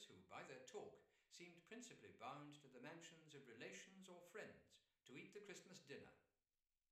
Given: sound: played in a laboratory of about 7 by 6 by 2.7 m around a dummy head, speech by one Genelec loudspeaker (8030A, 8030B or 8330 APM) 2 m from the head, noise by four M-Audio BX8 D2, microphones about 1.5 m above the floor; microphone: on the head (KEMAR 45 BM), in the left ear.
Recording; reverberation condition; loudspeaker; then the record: male speech in English; medium; 90 degrees to the left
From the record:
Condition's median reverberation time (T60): about 510 ms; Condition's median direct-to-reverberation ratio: about -0.5 dB